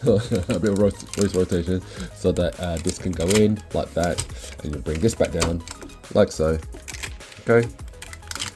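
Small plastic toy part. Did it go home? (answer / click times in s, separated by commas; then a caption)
yes / 8.3 s. A plastic panel on a Fans Toys FT-32E Hadid (Mixmaster) transforming robot figure is brought back down after the waist is rotated to make room for the mixer drum. Someone talks throughout, then brief sharp plastic clicks come near the end. The panel snaps into its locked position on the body at 8.3 s.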